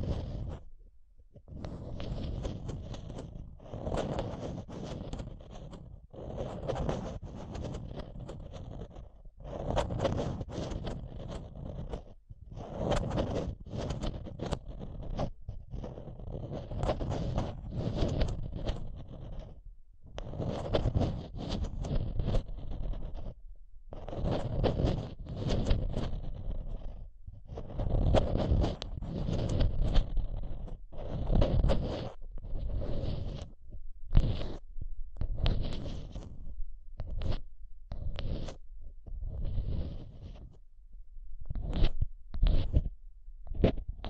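Scratching and tapping on a microphone, heavy and low, with dense rubbing bursts that come in quick irregular runs. Short silent gaps break up the sound, growing more frequent after about twenty seconds, with sharp taps standing out near the end.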